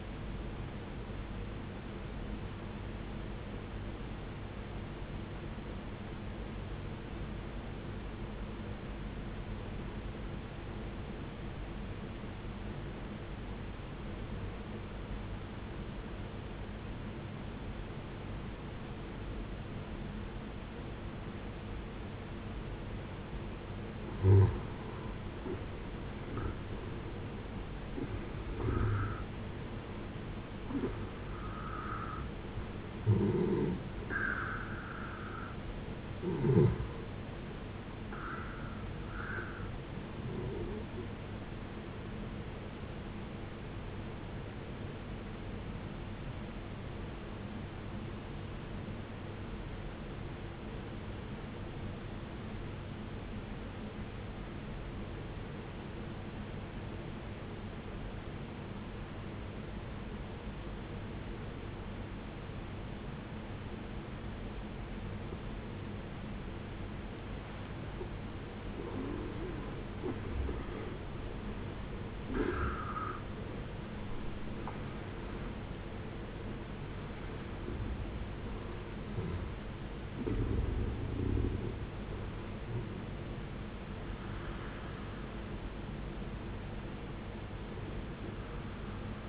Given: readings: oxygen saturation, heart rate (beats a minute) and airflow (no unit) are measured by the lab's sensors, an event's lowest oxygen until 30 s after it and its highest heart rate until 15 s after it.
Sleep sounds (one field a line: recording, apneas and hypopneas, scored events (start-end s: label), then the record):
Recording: breathing in sleep by a voice recorder at the bedside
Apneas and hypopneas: 2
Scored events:
9.00-26.00 s: obstructive apnea (N1, oxygen 94% highest, then 78% lowest, heart rate 60 at the start, 76 highest)
43.00-67.40 s: hypopnea (N1, oxygen 95% highest, then 76% lowest, heart rate 71 at the start, 83 highest)
48.00-78.00 s: new sleep stage, N2 (light sleep)
78.00-89.29 s: new sleep stage, N1 (lightest sleep)
From the record:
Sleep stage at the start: N1 (lightest sleep)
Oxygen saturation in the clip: 76 to 95%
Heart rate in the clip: 54 to 83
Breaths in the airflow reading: 13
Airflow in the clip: -13.7 to 14.9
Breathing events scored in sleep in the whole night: 389 in 6.3 hours asleep